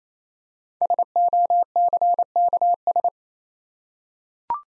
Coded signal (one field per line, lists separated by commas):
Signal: Morse code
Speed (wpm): 27 wpm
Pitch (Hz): 700 Hz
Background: none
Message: SOCKS